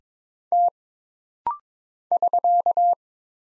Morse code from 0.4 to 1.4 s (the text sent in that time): T